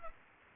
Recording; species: mosquito wingbeat signal from an infrared sensor; Aedes aegypti